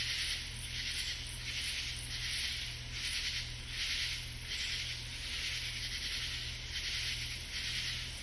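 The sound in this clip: Katydid calling in rhythmic raspy bursts over a steady low hum.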